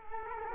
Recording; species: mosquito wingbeat signal from an infrared sensor; Culex quinquefasciatus